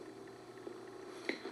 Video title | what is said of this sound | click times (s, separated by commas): Watching the *Rare* DODGE VIPER VHS TAPE — It Was Hilarious! | i pick on the corners to make sure that both are latched and this one didn't latch so a little push we're all set | 1.3 s